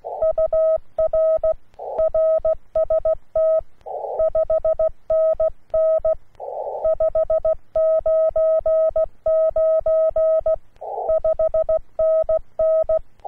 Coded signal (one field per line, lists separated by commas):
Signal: Morse code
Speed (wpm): 16 wpm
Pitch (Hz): 640 Hz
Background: none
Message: UR RST 5NN 599 5NN